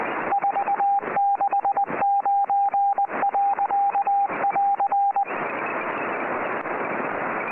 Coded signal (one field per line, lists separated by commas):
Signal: Morse code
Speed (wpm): 20 wpm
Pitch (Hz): 800 Hz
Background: radio noise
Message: 469.<AR>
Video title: CWA Cerrito Radio (Montevideo, Uruguay) - 8602 kHz CW